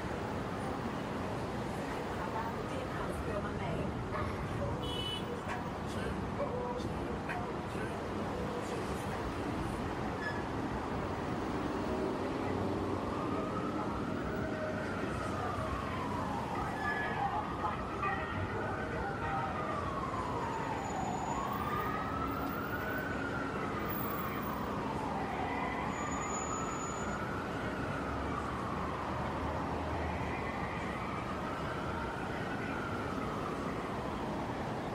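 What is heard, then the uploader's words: Heavy traffic on the Brooklyn Bridge keeps up a dense, steady roar through the whole stretch. From about 12 seconds a siren rises and falls in slow, regular sweeps over the rumble, continuing to the end. A few faint high tones flicker briefly near 21 and 26 seconds. Soundscape of Brooklyn Bridge in New York City. It was already after 10pm on Saturday night, but the traffic was still heavy on the bridge. In this recording, you can feel the summer night of Brooklyn, NY.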